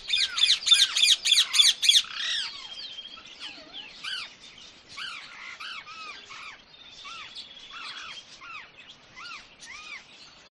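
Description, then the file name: Jumbo quail giving loud, harsh, rapidly repeated bursts for about two seconds, followed by many short arched chirps and a thin whistle. Jumbo quail on an urban farm, with other birds calling in the background. "glitched tones urban farm jumbo quail"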